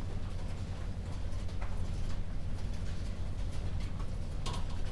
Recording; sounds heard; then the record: poultry house recording; no chicken sound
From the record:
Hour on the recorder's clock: 1